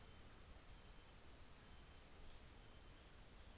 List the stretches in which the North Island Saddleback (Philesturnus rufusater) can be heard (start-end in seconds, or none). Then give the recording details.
none. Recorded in New Zealand on 24 December 2018. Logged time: 15:00